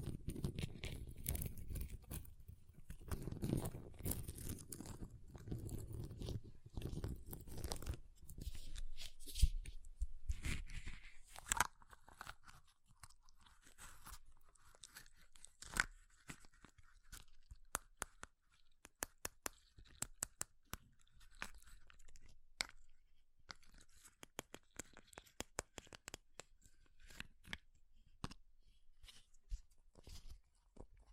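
Ice is tapped, scratched and carved in crunchy bursts, dense and rough early, then thinning to sharp scattered clicks and taps.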